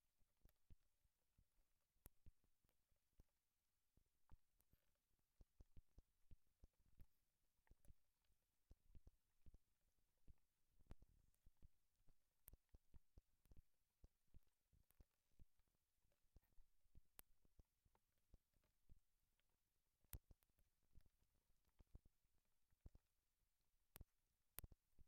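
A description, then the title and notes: A contact microphone frozen in melting ice picks up sharp ticks and tiny cracks scattered irregularly over a near-silent background. The clicks come every fraction of a second to a few seconds, some faint, some brighter, with a soft low hum underneath. This is a quiet recording of a contact microphone frozen in melting ice. Freeze contact microphone/hydrophone in ice (soup can filled with water). Signal: Cold Gold small hydrophone/coated contact mic -> Aquarian Audio buffer amp -> Sound Devices MixPre-3.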